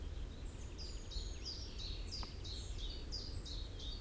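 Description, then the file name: Common chaffinch sounding clipped, high, slightly falling notes repeated rapidly and evenly for four seconds, with steady low-frequency background noise. "Fringilla coelebs"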